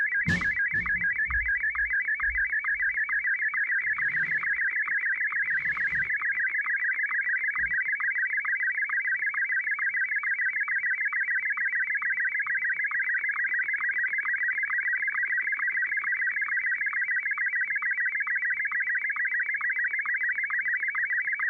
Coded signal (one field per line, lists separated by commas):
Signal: SSTV (slow-scan television)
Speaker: So, I think you can already tell what's going to happen when I start it.